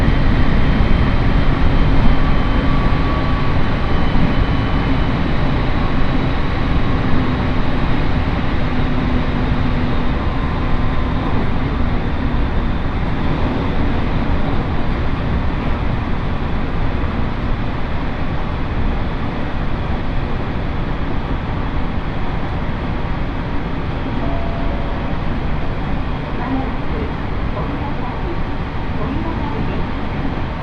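A train ride on the Uetsu Main Line from Ugo-Honjo toward Akita: a steady, thick rumble of wheels and running gear fills the whole half minute without a break. Faint whining tones drift through the roar, and the noise eases only slightly toward the end.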